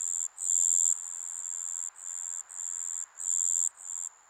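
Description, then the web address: Piercing insect trill in loud bursts of varying length, separated by brief dips, over a continuous high hum. Japanese summer insect ambience. "Sound Effects-Foundation 1 AMBIENCE JAPANESE SUMMER INSECTS 03"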